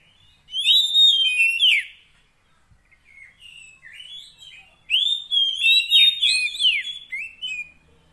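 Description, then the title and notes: Oriental magpie-robin, a loud burst of whistles, soft chirps in between, then a long varied whistled phrase. Kacer fill-in tutor song of long duration, meant to get the bird singing heavily day and night. "Kacer Jadi Gacor Siang Malam. Isian Kacer Durasi Panjang"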